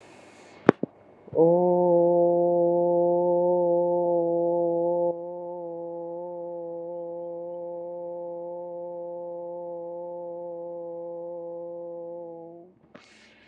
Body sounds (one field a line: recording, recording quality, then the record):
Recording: sustained vowel as in boot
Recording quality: excellent, no background noise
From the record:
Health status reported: recovered from COVID-19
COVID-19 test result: negative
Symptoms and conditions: none ticked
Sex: female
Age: 57 years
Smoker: not ticked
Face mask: not worn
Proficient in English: yes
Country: India